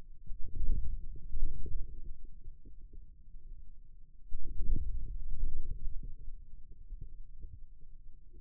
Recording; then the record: forearm muscle sounds (acoustic myography)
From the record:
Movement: inward rotation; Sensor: system 2, bracelet of six BSWA MPA416 microphones around the upper forearm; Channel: 2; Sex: male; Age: 22 years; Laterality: right